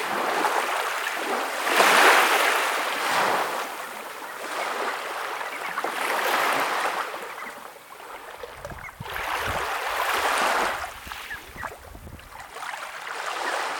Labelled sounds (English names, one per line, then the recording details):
Red Knot call
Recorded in the wild
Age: adult
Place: Kloster, Insel Hiddensee, Mecklenburg-Vorpommern, DE
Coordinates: 54.5826, 13.1013
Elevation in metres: 0
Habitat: sea coast
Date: 2023-09-09 06:27
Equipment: Olympus LS, internal mics, 300 Hz HP
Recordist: Frommolt, Karl-Heinz
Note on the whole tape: A flock of 12 red knots searching for food in the wash margin